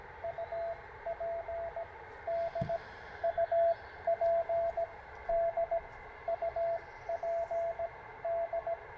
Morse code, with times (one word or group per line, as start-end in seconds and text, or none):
0.2-1.8 UP
2.3-2.8 D
3.2-4.8 UP
5.3-5.8 D
6.3-7.9 UP
8.2-8.7 D